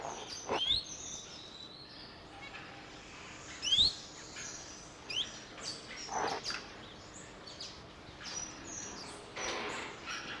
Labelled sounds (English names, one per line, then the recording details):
African Firefinch call
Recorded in captivity
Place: Zoo Berlin, Berlin, DE
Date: 1986-11-14 11:51
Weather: sunny 7 - 8°
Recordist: Tembrock, Günter